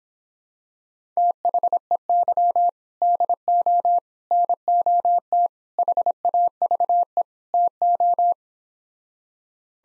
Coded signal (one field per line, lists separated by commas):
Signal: Morse code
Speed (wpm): 26 wpm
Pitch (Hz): 700 Hz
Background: none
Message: THEY DO NOT HAVE TO